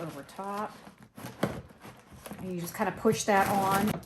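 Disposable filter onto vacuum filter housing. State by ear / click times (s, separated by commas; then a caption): seated / 1.4 s. A disposable plastic filter is pushed onto a vacuum's filter housing and seats with a sharp hit at 1.4 s while someone talks.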